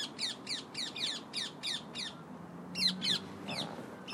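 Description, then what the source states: Parakeets calling in a rapid series of harsh, repeated squawks, with a brief pause midway, over a low background hum. Flock of parakeets settling down for the night in Victoria Park, evening.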